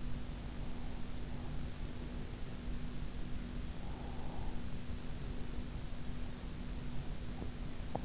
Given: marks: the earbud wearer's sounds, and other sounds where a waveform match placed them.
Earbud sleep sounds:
sounds in sleep by an in-ear microphone; breath, teeth grinding
3.94-5.70 s: breath
7.33-8.05 s: teeth grinding

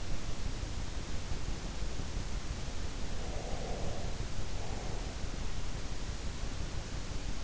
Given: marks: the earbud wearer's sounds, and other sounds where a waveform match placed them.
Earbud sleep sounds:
sounds in sleep by an in-ear microphone; breath
3.14-5.08 s: breath

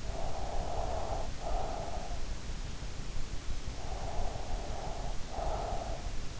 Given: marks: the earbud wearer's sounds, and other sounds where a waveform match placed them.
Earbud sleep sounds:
sounds in sleep by an in-ear microphone; breath
0.00-2.49 s: breath
3.74-6.17 s: breath

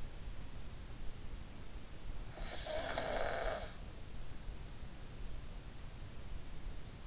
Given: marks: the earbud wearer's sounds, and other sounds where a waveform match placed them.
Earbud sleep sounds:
sounds in sleep by an in-ear microphone; snoring breath
2.19-4.82 s: snoring breath

